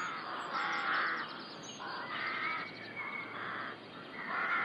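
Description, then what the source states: Rooks in a dense run of coarse, drawn-out caws that overlap and follow each other almost without pause over a hissy background. Rook colony (rookery) in the UK.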